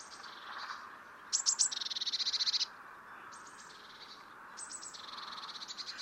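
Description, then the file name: Eurasian blue tit repeatedly calling, high tsee notes leading into fast buzzy churring rattles, several bouts in a few seconds. "Cyanistes caeruleus"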